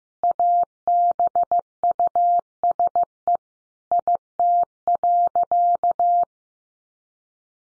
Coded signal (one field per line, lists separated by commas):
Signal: Morse code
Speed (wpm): 15 wpm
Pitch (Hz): 700 Hz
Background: none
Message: ABUSE IT.